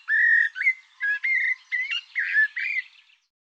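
Bird song made of several clear whistled notes in quick succession, mostly level in pitch.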